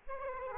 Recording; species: mosquito wingbeat signal from an infrared sensor; Aedes aegypti